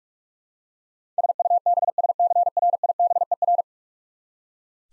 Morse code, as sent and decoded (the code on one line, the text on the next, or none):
... ..- -... ... -.-. .-. .. -... . .-.
SUBSCRIBER